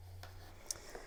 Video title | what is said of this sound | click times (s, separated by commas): TBS FPV Chupito Magnetic Wing Connectors Modification | Um like I said, make sure this will make a nice click | 0.7 s